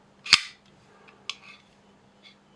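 A Shirogorov Jeans folding knife is closed, its metal blade snapping shut into the handle. A loud sharp burst at about 0.3 s is followed by the crisp closing click at 1.3 s, with a faint tick near 2.3 s over a steady low hum. The blade seats with a click that sounds deeper and a little hollower than usual.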